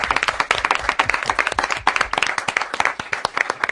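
A small group in the studio of the radio show La Rosa de los Vientos claps steadily for several seconds for a guest, dense overlapping hand claps forming a lively burst of applause with no voices on top.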